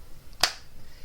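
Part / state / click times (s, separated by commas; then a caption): plastic flip lid on a drill storage compartment / seated / 0.4 s. A plastic flip lid on a diamond-painting drill storage compartment is pressed down after the drills are poured out. It snaps shut with one sharp click at 0.4 s, and the lid is now closed so nothing will pour out.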